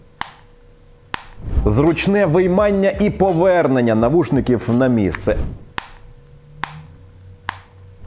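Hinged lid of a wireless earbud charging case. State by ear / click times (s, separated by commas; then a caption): seated / 0.2 s, 1.1 s. The plastic hinged lid of a Sony WF-1000XM5 wireless earbud charging case is opened and snapped shut, giving two sharp clicks at 0.2 and 1.1 seconds as the lid clicks shut with a pleasant click. Someone then talks, and three more sharp clicks follow at about 5.8, 6.6 and 7.5 seconds.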